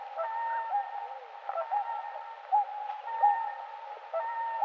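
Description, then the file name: Whooper swans giving a nearly continuous series of overlapping honking calls. "Pticy Rossii - Lebed-klikun Cygnus cygnus"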